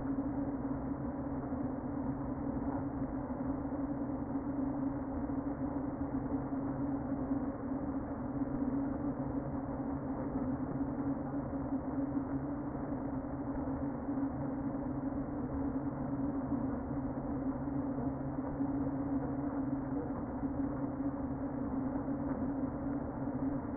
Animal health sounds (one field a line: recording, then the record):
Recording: honeybee colony, microphone inside the hive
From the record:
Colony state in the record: queen present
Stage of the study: before two queens were removed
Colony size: about 60,000 bees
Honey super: yes